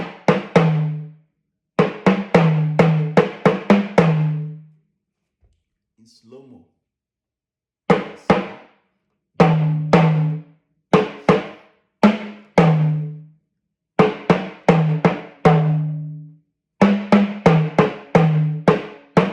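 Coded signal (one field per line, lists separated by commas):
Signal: talking drum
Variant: Yoruba sakara drum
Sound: phrases of quick resonant low drum strokes at varying pitches, separated by short pauses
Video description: Playing "Ọsan gangan ni aṣa o gbe" with the Yoruba Orunsha Sakara talking drum by Jammal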